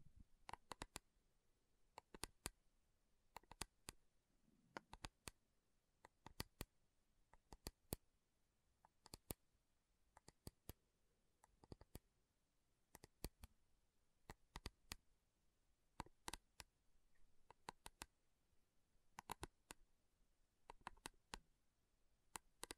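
Slow tapping on metal, sharp clicky strikes that come in uneven clusters of two or three, with short pauses between groups, continuing steadily across the whole stretch. Each tap is crisp and bright, ending quickly over a quiet, faintly hissing background.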